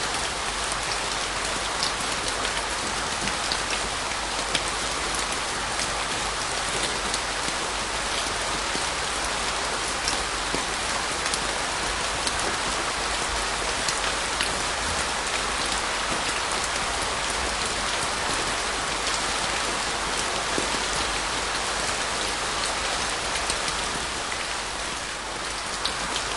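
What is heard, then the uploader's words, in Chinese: Heavy rain falls steadily and densely throughout, a bright hiss of countless drops with faint individual splashes and almost no change. 大自然的声音_大雨。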